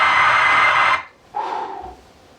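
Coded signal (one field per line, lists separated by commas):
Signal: ZX Spectrum tape loading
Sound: one second of harsh buzzing data, a pause, then a steady mid-pitched lead tone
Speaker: all that sound you gotta love it though but Atari Tate uh sounds in my opinion and loading up is is better than this it's more uh easier on the ears this is a little bit uh harsh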